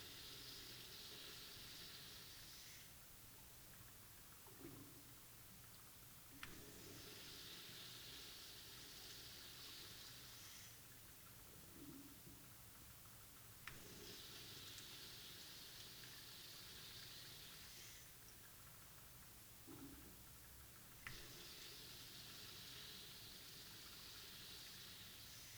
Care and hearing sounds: daily activity, guitar pickup as the sensor; flush

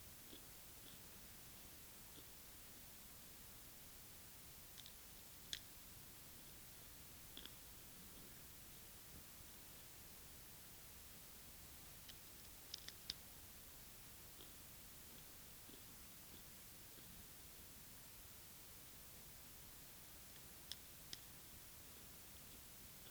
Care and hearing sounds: daily activity, guitar pickup as the sensor; eat

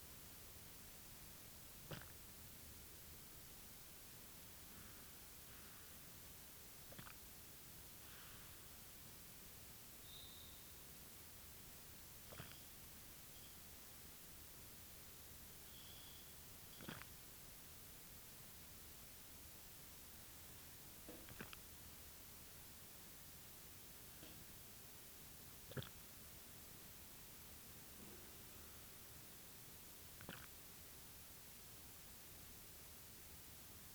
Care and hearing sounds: daily activity, guitar pickup as the sensor; drink water

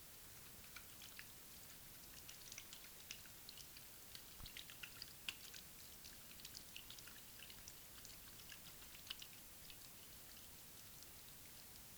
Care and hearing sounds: daily activity, guitar pickup as the sensor; wash hands

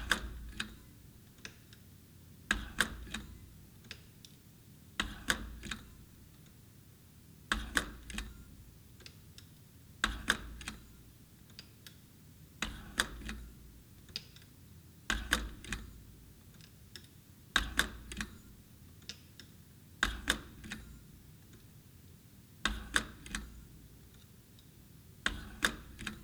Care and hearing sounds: daily activity, guitar pickup as the sensor; manipulate door

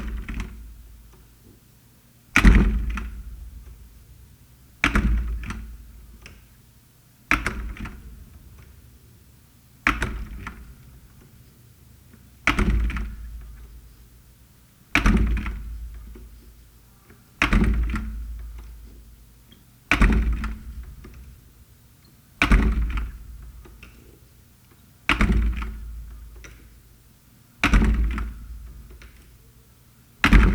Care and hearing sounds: daily activity, guitar pickup as the sensor; manipulate door

